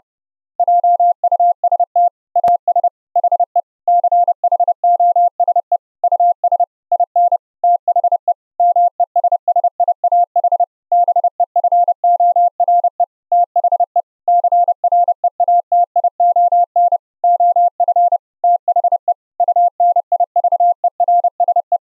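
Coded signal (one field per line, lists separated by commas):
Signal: Morse code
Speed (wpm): 31 wpm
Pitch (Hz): 700 Hz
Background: none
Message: JUST AS HE CHOSE US IN THE MESSIAH BEFORE THE CREATION OF THE UNIVERSE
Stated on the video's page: Morse audio sent live over the internet using FFMPEG with the Opus codec, low-delay mode, 4 kHz cutoff.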